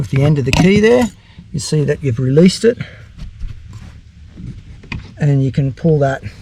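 On a 2018 Dodge Ram 1500 pickup, the manual park override release lever under the glove box is freed using the end of the key, ready to be pulled fully open until it latches to put the transmission in neutral. Someone talks throughout, with quiet handling noise and a brief sharp tick near 4.9 s. Nothing has seated or clicked yet.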